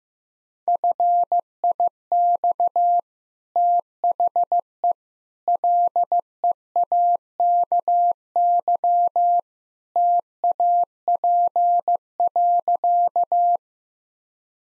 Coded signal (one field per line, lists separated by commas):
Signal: Morse code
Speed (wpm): 15 wpm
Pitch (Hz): 700 Hz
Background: none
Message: FIX THE LEAKY TAP.